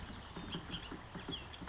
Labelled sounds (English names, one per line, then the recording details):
Bullock's Oriole
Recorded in Sonoma County, California